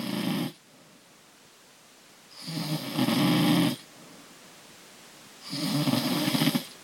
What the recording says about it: That is a human. My snore is almost the same as an animal snore.